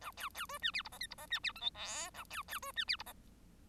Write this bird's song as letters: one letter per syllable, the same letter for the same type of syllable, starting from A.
A B B C D E F G H F G D E I J K A B B C D E F G